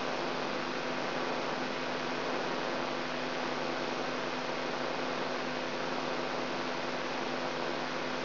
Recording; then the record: brain microelectrode recording played as sound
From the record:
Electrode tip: inside the subthalamic nucleus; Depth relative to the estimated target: 0 mm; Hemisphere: left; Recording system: AlphaMap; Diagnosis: Parkinson's disease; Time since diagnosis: 16 years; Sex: female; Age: 67 years